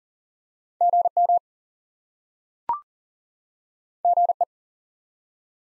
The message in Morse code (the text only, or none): GM GE